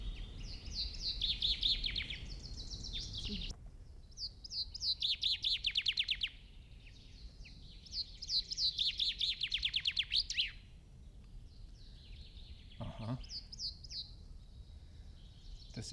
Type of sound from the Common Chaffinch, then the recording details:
song. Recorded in the wild. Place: Hafling, Bozen, IT. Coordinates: 46.6544, 11.2206. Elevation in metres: 1377. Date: 1981-03-25. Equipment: Uher 4000 Report, Sennheiser MKH 815 T. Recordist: Tretzel, Erwin. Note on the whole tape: Wald hinter Gasthof, Hafling, Italien: Gesang